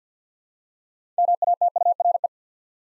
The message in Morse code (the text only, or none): MATURE